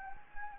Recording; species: mosquito wingbeat signal from an infrared sensor; Anopheles gambiae